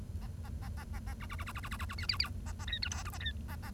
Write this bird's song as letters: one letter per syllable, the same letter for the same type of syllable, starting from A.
A A A A A A B B B B B B B B B C C C A A D E F G A D A A